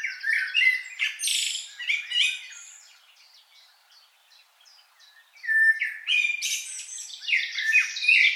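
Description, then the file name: Common blackbird twittering with sharp high chirps in quick bursts, a quiet gap of about two seconds, then another burst of rapid squeaky notes. "Turdus merula"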